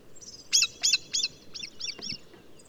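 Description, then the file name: Common blackbird uttering a rapid series of about six sharp, high chinking notes, loudest at the start and fading toward the end, over low background noise. "Turdus merula"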